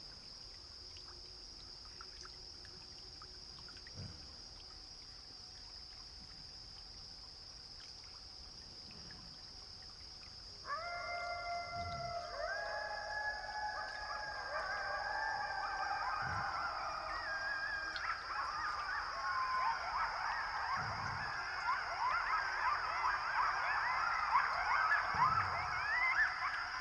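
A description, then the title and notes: Coyotes in the distance start howling about ten seconds in, first a few long rising and falling wails, then a thick chorus of overlapping yips and howls that grows louder to the end. A steady high hiss runs throughout, with faint soft thumps every few seconds. This week’s episode of Sound Escapes takes us to Pipestone Canyon in Eastern Washington, where you can hear a ridgetop wind come from a mile away.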